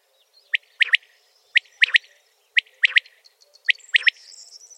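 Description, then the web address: Common quail calling a sharp three-note phrase, repeated about once a second; faint high twitters from another bird near the end. "rdewys. Kwartel"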